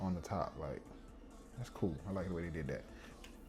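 Someone talks while handling a heavy metal cap with a ridged top over a blue frosted glass fragrance bottle, with two brief sharp sounds near the end at about 3.2 and 3.5 seconds. The cap has not yet clicked into place on the bottle; nothing has seated.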